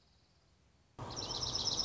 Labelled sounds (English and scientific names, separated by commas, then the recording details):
Dark-eyed Junco (Junco hyemalis)
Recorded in Sonoma County, California